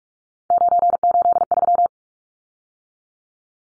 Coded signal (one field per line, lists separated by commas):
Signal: Morse code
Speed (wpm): 44 wpm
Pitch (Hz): 700 Hz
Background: none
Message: 983